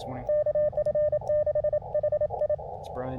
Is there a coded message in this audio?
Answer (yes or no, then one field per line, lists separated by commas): yes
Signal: Morse code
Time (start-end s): 0.3-2.5 s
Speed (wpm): 27 wpm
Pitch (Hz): 600 Hz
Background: speech, radio noise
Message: KF6HI